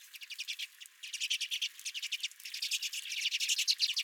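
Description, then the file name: Redpolls giving quick chattering chips, several per second, in a short pause-broken series that grows louder toward the end. Redpolls at the recordist's feeder. "Redpolls at My Feeder"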